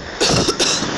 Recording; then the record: coughing mixed with background sound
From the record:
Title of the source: November cold (wet coughing)